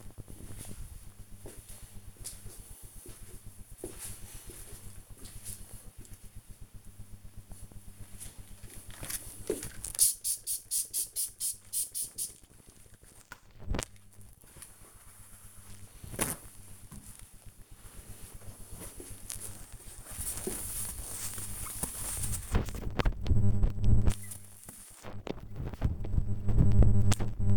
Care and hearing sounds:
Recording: household activities, microphone on the right wrist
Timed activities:
7.83-27.57 s: window cleaning

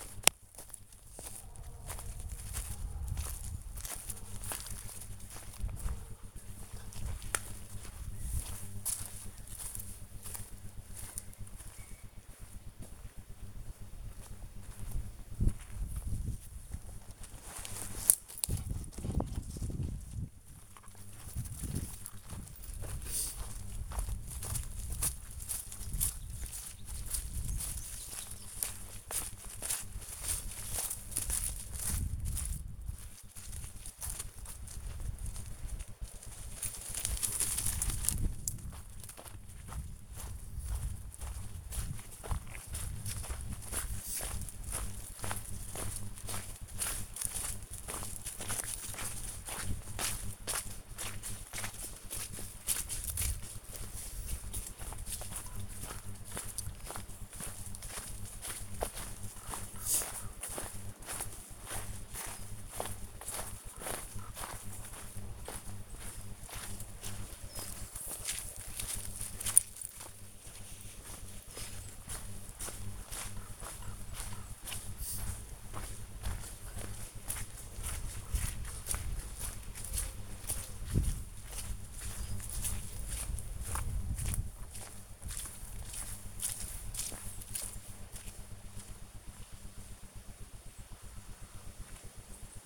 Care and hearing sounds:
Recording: household activities, microphone on the right wrist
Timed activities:
0.00-92.66 s: going for a walk with dog

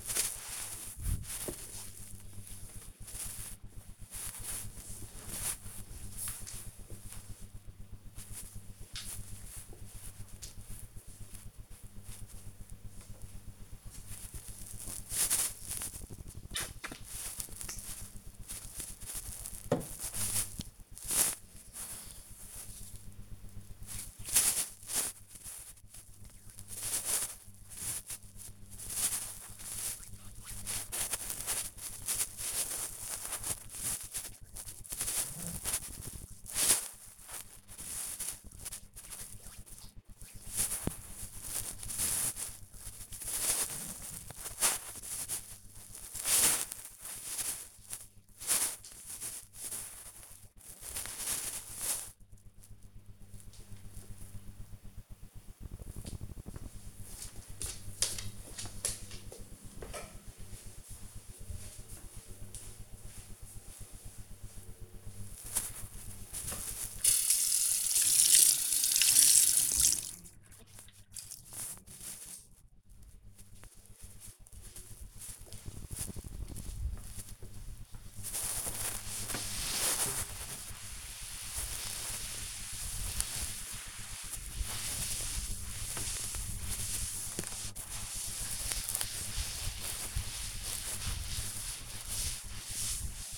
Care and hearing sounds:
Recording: household activities, microphone on the right wrist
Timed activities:
0.00-2.18 s: floor cleaning
12.25-51.52 s: disinfecting hands
64.62-93.37 s: cleaning table

